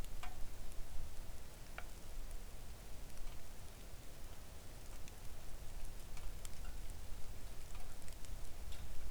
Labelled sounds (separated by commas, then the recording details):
rain
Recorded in the Arctic National Wildlife Refuge, Alaska, on 3 August 2019 at 05:57
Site 41